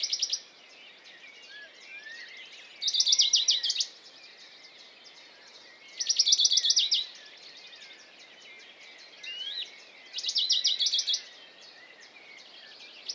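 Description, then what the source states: Western Bonelli's warbler with several brief, even trills of fast repeated notes, a few seconds apart, over a soft chorus of other birds. Dawn chorus, 6 May 2020, Valmaravel, Drôme, France; unpaired male fixed on a small pine branch giving a fast courtship song, not the usual spaced strophes while feeding; Nagra Seven, MKH40.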